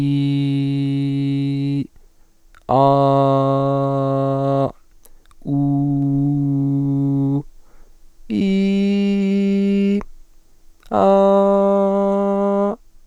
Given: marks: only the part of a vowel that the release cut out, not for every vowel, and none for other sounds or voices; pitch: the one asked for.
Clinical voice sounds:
sustained vowels; male; 20 to 29 years; 1; 0; 0
0.00-1.70 s: vowel /i/, normal pitch
2.96-4.58 s: vowel /a/, normal pitch
5.71-7.26 s: vowel /u/, normal pitch
8.50-9.78 s: vowel /i/, high pitch
11.14-12.54 s: vowel /a/, high pitch
From the record:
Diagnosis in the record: healthy voice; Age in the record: 21 years

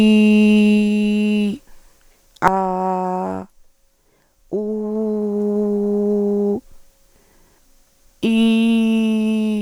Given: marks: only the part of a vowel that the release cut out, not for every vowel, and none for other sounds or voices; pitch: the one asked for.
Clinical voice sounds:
sustained vowels; female; 50 to 59 years; 1; 0; 1
0.00-0.76 s: vowel /i/, normal pitch
2.50-3.16 s: vowel /a/, normal pitch
5.33-6.47 s: vowel /u/, normal pitch
8.45-9.46 s: vowel /i/, high pitch
From the record:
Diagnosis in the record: recurrent laryngeal nerve paralysis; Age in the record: 50 years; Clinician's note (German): Rechts, hyperfunktionelle Kompensation

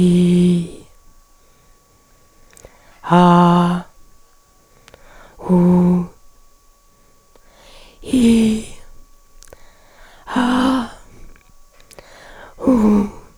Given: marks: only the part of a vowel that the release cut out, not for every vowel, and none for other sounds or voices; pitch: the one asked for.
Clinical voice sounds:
sustained vowels; female; 60 to 69 years; 2; 0; 2
0.00-0.61 s: vowel /i/, normal pitch
3.33-3.72 s: vowel /a/, normal pitch
5.51-6.02 s: vowel /u/, normal pitch
8.16-8.59 s: vowel /i/, high pitch
10.33-10.82 s: vowel /a/, high pitch
12.65-13.07 s: vowel /u/, high pitch
From the record:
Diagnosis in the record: recurrent laryngeal nerve paralysis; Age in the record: 61 years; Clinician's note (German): Schlaff, rechts, nicht kompensiert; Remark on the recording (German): "an", "ih", "ah", "uh", "il", "al" sind zu kurz, trotzdem gelabelt wie vorliegen

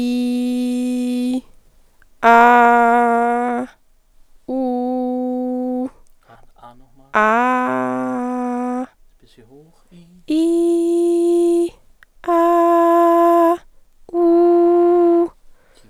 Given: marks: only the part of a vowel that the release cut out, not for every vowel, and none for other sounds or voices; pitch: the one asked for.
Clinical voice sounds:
sustained vowels; female; 20 to 29 years; 0; 0; 0
0.00-1.15 s: vowel /i/, normal pitch
2.52-3.51 s: vowel /a/, normal pitch
4.61-5.75 s: vowel /u/, normal pitch
10.47-11.55 s: vowel /i/, high pitch
12.79-13.44 s: vowel /a/, high pitch
14.33-15.14 s: vowel /u/, high pitch
From the record:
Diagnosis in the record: healthy voice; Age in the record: 25 years

